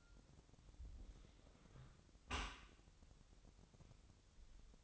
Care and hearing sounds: daily activity, microphone in the room; close dishwasher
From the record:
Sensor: 3

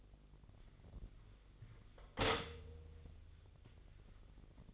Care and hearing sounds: daily activity, microphone in the room; stop toaster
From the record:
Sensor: 4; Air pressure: 1002.8 hPa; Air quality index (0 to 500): 235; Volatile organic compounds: 16 ppm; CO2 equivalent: 2555 ppm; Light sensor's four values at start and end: 21/74/27/27 and 20/69/26/26

